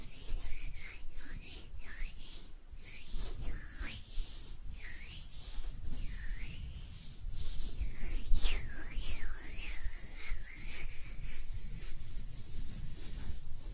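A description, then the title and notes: Hands rub together in a steady, dense stream of soft friction with a low rumble underneath. Short squeaky swoops repeat every second or so, and from about eight to eleven seconds crisp, bright scratchy bursts join in. ASMR Relaxing Hand Sounds (No Talking).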